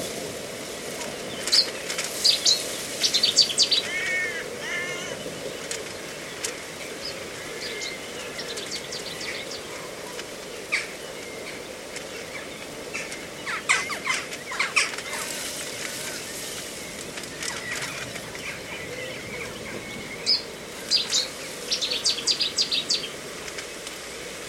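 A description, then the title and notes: Birds call and chatter in a reedbed at Slapton Ley, a steady rushing hiss underneath the whole time. Bright, quick chirps and trills come in clusters, busiest around two to four seconds, fourteen to seventeen, and again after twenty, with thinner scattered calls between. A mosaic of sounds recorded in a reedbed at Slapton Ley National Nature Reserve, Devon, UK. The sounds were recorded at dawn on three days in May 2023.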